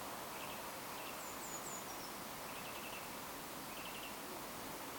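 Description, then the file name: Eurasian wren, dry ticking rattles given in short bursts, with a few high descending notes and constant background hiss. "Troglodytes troglodytes"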